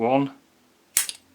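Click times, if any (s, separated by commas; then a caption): 1.0 s. Someone talks briefly, then at 1.0 s the second spring-loaded carbon brush in the alternator brush holder of a Subaru Impreza snaps down onto the rotor slip ring as the retaining pin is pulled out. It gives a sharp click followed by a fainter tick. The brush is seated in place.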